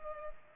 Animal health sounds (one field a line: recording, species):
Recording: mosquito wingbeat signal from an infrared sensor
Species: Culex pipiens